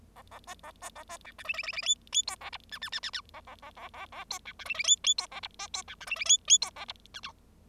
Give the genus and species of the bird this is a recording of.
Lonchura striata domestica